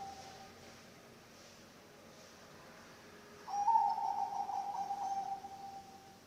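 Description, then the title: Zebra dove song: after three seconds of low hiss, a softer pulsing coo on a level mid pitch lasts about two seconds. Bangkok-type zebra dove (perkutut bangkok) song, intended as masteran training audio for other birds and as a lure (pancingan). "mster Mnuk. SUARA OCEHAN BURUNG PERKUTUT BANGKOK Untuk MASTERAN dan PANCINGAN"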